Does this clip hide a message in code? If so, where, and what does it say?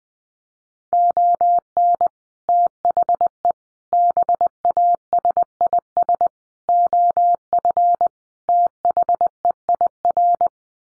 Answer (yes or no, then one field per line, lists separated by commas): yes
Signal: Morse code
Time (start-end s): 0.9-10.5 s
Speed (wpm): 20 wpm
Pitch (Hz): 700 Hz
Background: none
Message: ON THE BASIS OF THEIR